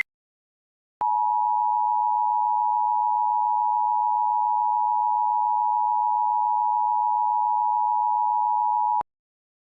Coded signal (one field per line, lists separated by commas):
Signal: Emergency Alert System (SAME) tones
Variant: 853 and 960 Hz attention tone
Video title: eas mock, we all gon be safe!